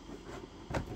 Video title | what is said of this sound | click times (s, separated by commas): Design for Manufacturing: Injection Molding - Industrial Docking Station | and clicks in place. And we're happy with that. | 0.8 s